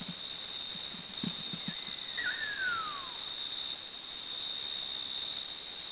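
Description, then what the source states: Great eared nightjar giving a single whistled call that starts high then slides steadily downward, set against a steady shrill insect chorus and a few low taps. Recorded at Subic, Philippines, in 2010.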